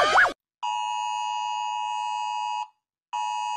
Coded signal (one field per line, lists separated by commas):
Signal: Emergency Alert System (SAME) tones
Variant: 853 and 960 Hz attention tone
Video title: rating eas alarms | تصنيف أجهزة الانذار، اقرأ الوصف